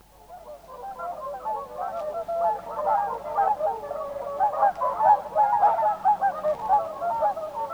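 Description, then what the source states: Whooper Swans calling as a flock, many bugling, nasal honks overlapping in a dense chorus that swells from quiet to loud. Field recording from Sweden.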